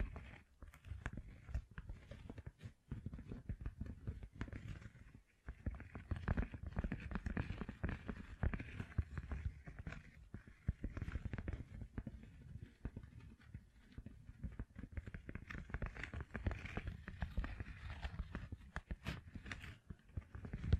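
Gem-covered fingertips tap and scratch in a dense, continuous stream of small clicks and scrapes. The sound sits mostly low and thick, with crisp ticks reaching higher, and a brief near-silent gap around five seconds before the busy tapping resumes.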